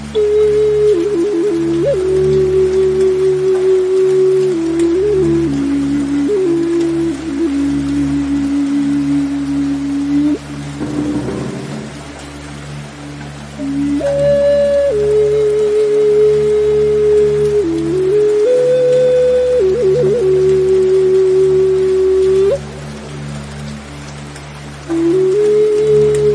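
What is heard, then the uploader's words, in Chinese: A Native American flute plays a slow, plaintive melody over steady rain, holding long notes with small trills and ornaments. It pauses briefly around eleven seconds and again near twenty-three, then returns. A low drone and soft patter of rain continue underneath throughout. 舒缓的睡眠音乐，雨声伴着美洲土著长笛。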